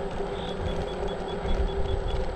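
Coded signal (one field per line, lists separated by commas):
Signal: none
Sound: scooter's beeps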